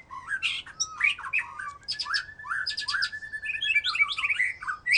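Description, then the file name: White-rumped shama pouring out a continuous varied song of whistled slurs, short trills and sharp notes, with little pause throughout. "murai batu"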